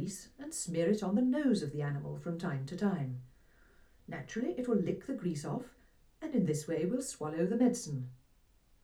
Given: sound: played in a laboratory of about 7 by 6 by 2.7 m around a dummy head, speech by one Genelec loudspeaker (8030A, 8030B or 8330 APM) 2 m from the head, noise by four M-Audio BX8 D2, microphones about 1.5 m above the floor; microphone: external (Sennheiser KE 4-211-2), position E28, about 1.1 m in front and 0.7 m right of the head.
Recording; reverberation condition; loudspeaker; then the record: female speech in English; low; 120 degrees to the right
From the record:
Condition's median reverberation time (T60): about 310 ms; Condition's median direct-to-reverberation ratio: about 3.5 dB